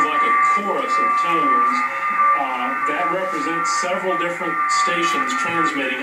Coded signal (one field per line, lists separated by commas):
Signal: FT8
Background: speech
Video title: FT8 Presentation Pt2